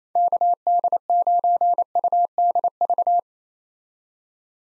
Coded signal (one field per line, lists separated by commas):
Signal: Morse code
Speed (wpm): 28 wpm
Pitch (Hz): 700 Hz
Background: none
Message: KD9UDV